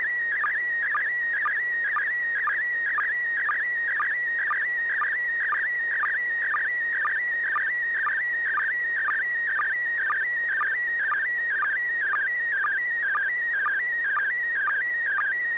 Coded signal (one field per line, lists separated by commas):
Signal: SSTV (slow-scan television)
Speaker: it's working so go ahead and transmit [Music] d d d AI 6dg